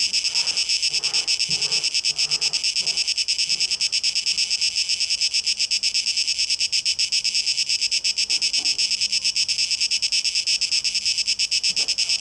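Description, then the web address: Cicadas singing a harsh, high, throbbing buzz at a fast pulse, with soft low thuds early on. Cicadas, 12 August 2023. "rauschpartikel 2023-08-12 Zikaden"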